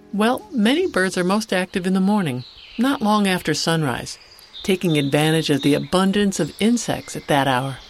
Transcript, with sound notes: Well, many birds are most active in the morning, not long after sunrise, [Midsummer ambient with warblers, towhees et al.] taking advantage of the abundance of insects at that hour.